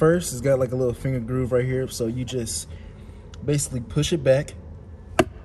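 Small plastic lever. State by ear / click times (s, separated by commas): released / 5.2 s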